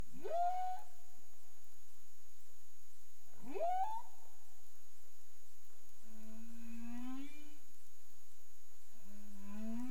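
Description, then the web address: Humpback whale cries: two swooping upsweeps that level into held tones, followed by slowly rising harmonic moans, with a continuous thin electronic tone in the background. Recorded in the Caribbean on 30 April 2035 at 03:11 UTC. "humpback whale 20350430 031131 UTC"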